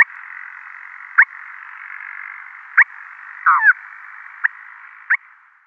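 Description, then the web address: Cream-colored courser giving several sharp, short calls, one a longer double note, over a steady background hiss. "Schulze Peter Cream-colored Courser"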